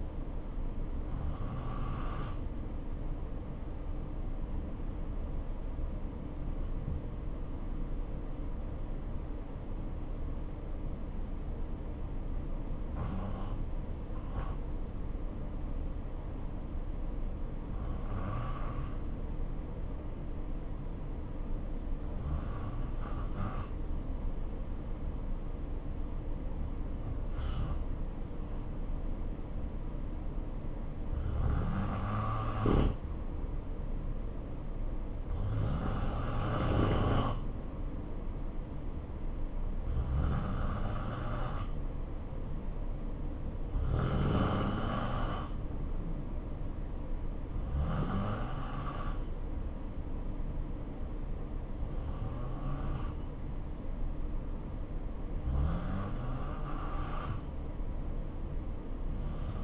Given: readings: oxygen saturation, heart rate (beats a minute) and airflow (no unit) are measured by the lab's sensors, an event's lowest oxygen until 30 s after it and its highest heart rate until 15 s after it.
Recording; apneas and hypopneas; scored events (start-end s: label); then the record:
breathing in sleep by a smartphone at the bedside; 1
5.00-30.00 s: hypopnea (N2, oxygen 92% highest, then 85% lowest, heart rate 64 at the start, 71 highest)
From the record:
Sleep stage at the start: N2 (light sleep); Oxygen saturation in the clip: 85 to 92%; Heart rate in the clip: 59 to 72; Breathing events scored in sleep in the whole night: 277 in 7.4 hours asleep